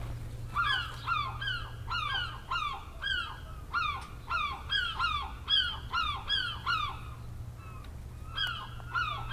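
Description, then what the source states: Gulls giving repeated downslurred mewing cries in quick succession, over a low steady hum. Recorded 10 August 2006.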